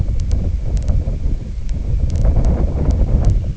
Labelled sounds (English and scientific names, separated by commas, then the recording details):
none
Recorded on Arctic tundra, site IGLO-D, on 19 June 2018
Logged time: 22:00